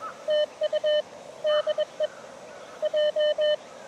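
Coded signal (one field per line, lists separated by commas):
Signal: Morse code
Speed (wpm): 23 wpm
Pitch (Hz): 600 Hz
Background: none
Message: TU DE J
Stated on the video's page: Beginner Morse code at 18 WPM during a POTA park activation on 40m 7 MHz and 30m 10 MHz, including park-to-park contacts.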